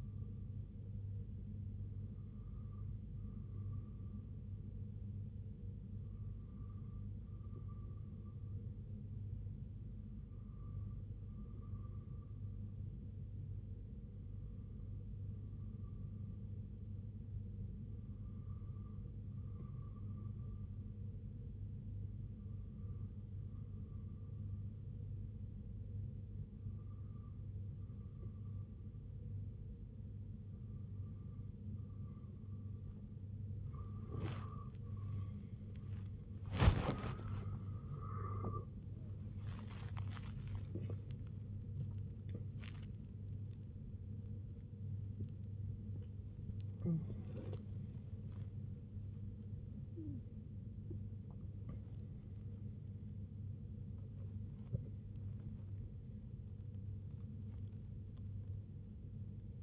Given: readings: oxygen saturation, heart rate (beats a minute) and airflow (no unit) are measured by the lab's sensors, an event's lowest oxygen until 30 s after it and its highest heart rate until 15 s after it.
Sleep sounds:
breathing in sleep by a smartphone at the bedside; 1
15.00-34.10 s: hypopnea (N2, oxygen 95% highest, then 95% lowest, heart rate 69 at the start, 87 highest)
30.00-59.62 s: new sleep stage, awake
35.00-59.62 s: awake
From the record:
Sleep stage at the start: N2 (light sleep); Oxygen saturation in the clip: 94 to 96%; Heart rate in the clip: 63 to 93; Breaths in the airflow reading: 14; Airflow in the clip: -10.9 to 15.2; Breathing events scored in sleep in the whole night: 258 in 7.4 hours asleep

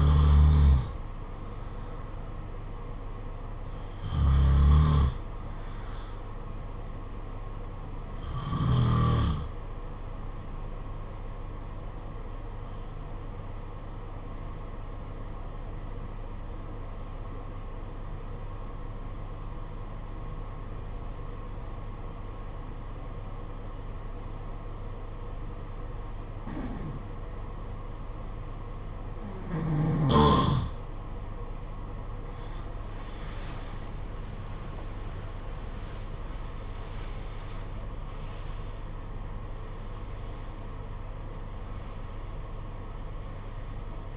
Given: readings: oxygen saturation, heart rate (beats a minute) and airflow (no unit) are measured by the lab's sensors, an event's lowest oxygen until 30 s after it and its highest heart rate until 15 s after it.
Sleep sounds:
breathing in sleep by a smartphone at the bedside; 1
12.00-31.70 s: hypopnea (N2, oxygen 95% highest, then 89% lowest, heart rate 49 at the start, 81 highest)
42.00-44.16 s: new sleep stage, N1 (lightest sleep)
From the record:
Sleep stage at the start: N2 (light sleep); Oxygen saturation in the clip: 87 to 95%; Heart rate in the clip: 49 to 81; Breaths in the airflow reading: 8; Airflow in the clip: -12.5 to 13.6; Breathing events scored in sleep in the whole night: 476 in 9.7 hours asleep

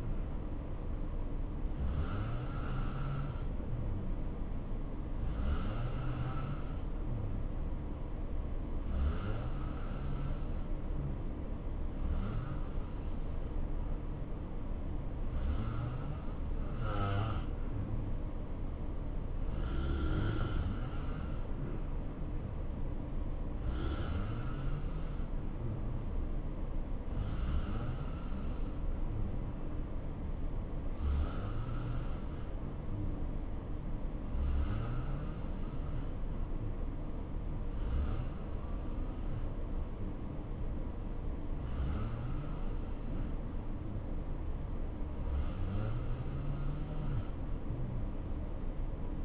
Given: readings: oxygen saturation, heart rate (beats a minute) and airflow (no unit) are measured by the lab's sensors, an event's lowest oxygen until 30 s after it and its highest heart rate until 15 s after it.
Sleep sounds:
breathing in sleep by a smartphone at the bedside; none
none scored
From the record:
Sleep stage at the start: N2 (light sleep); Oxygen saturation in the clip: 86 to 89%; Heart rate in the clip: 62 to 71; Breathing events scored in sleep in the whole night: 277 in 7.4 hours asleep

